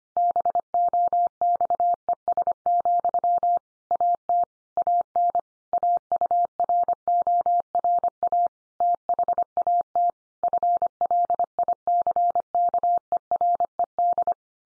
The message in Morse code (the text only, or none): BOXES, AT AN AURORA THAT FLICKERED